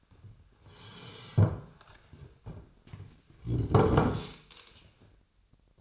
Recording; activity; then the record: daily activity, microphone in the room; sit down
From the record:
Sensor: 2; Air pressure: 1007.8 hPa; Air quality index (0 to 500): 179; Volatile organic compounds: 10 ppm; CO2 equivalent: 2198 ppm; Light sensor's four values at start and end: 10/23/10/10 and 10/23/10/10